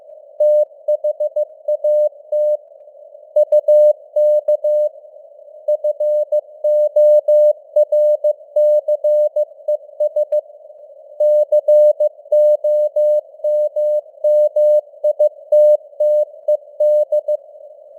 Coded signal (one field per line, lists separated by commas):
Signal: Morse code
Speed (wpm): 15 wpm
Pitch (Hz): 600 Hz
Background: none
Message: THAT UK FORCES COMMITTED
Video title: Morse Code News | 2025-12-01 | 15wpm